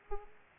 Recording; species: mosquito wingbeat signal from an infrared sensor; Aedes aegypti